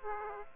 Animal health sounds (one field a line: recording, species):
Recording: mosquito wingbeat signal from an infrared sensor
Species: Aedes aegypti